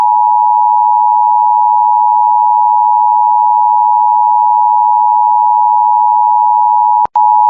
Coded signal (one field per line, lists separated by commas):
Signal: Emergency Alert System (SAME) tones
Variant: 853 and 960 Hz attention tone